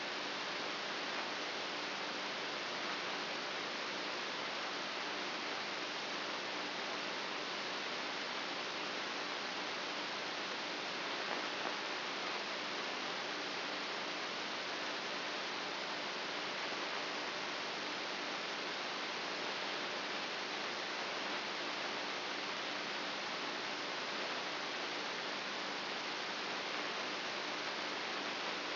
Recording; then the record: brain microelectrode recording played as sound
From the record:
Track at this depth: inside the subthalamic nucleus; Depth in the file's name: 5.04 mm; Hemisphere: right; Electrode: 2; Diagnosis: Parkinson's disease